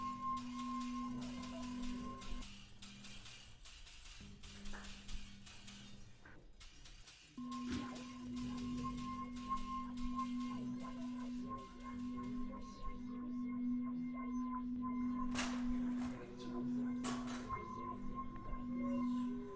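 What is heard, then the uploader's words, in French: Kitchen pots are made to sing: a steady low ringing tone with a fainter higher overtone hums along, fades out briefly between about 2.5 and 7.5 seconds, then returns and swells slightly toward the end. Light clinks and scrapes tick through the background. Un moment pour aiguiser ses sens et faire chanter la batterie de cuisine.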